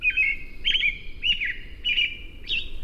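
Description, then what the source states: American Robin singing: five short, warbled caroling phrases about half a second apart over a faint low rumble. Song described as a serenade and a sign of spring.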